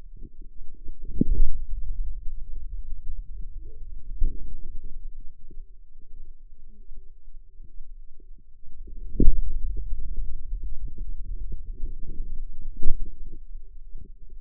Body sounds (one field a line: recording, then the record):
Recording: forearm muscle sounds (acoustic myography)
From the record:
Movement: hand closing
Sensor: system 2, bracelet of six BSWA MPA416 microphones around the upper forearm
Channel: 5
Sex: female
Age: 25 years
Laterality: right